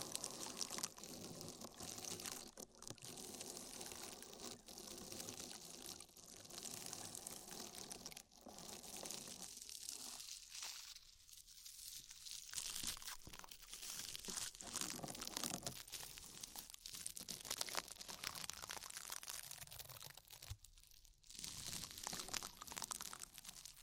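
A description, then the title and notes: Oil and foam are worked in a tingly ear massage, a dense stream of wet, crackling, fizzy rubbing that stays bright and busy throughout. Brief dips in the sound come near ten to twelve seconds and again around twenty-one seconds before the crinkling resumes. ASMR Oil, Foam and Tingly Ear Massage.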